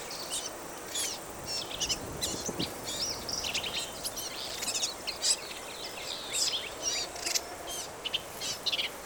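Black-capped vireo song: busy stream of high, scratchy, varied phrases with hardly any gaps, over a steady background hiss.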